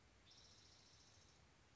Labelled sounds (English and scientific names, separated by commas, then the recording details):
Spotted Towhee (Pipilo maculatus)
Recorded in Sonoma County, California